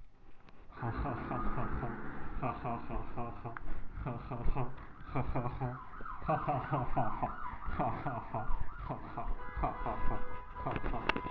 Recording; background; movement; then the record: laughter; traffic; walking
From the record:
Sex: male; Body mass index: 23.7 kg/m2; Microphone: on the chest, facing the body